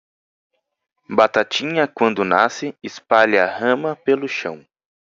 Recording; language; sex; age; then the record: short text; Brazilian Portuguese; male; 30 to 39 years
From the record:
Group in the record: control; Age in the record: 30 years